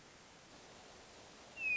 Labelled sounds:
Hermit Thrush (Catharus guttatus)
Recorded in Sonoma County, California

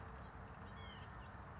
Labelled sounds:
White-breasted Nuthatch (Sitta carolinensis)
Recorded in Sonoma County, California

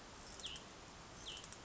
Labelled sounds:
Hutton's Vireo (Vireo huttoni)
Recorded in Sonoma County, California

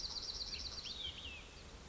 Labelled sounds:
Olive-sided Flycatcher (Contopus cooperi)
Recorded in Sonoma County, California

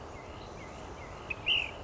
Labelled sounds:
Ash-throated Flycatcher (Myiarchus cinerascens)
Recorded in Sonoma County, California

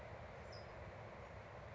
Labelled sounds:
California Towhee (Melozone crissalis)
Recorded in Sonoma County, California

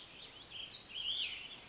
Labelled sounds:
Cassin's Vireo (Vireo cassinii)
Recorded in Sonoma County, California

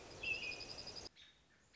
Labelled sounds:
American Robin (Turdus migratorius)
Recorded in Sonoma County, California

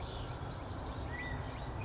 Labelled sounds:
California Quail (Callipepla californica)
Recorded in Sonoma County, California

